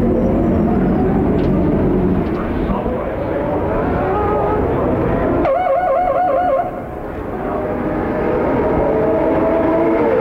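Trackside at a CART IndyCar race in downtown Detroit, a dense, constant roar of engines and crowd noise fills the whole clip. Just past the midpoint, a wavering, warbling tone cuts above the din for about a second, then the low rumble briefly dips before resuming.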